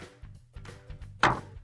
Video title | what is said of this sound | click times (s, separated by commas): 137320700 - Replacing Your Frigidaire Dryer's Digital Display Window AP4982372 PS3492798 | pop the cover off. | 1.2 s